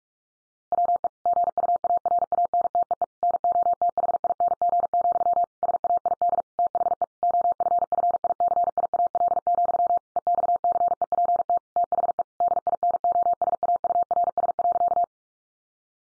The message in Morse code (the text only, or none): WE GUARANTEE NOTHING, SAID THE OFFICIAL, EXCEPT THE DINOSAURS.